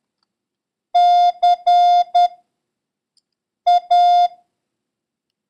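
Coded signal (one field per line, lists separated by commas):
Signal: Morse code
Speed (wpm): 10 wpm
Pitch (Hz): 710 Hz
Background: none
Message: CA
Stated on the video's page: Morse code lesson covering letters P, C and Q and the number 3, with a random run drill.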